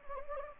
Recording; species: mosquito wingbeat signal from an infrared sensor; Anopheles gambiae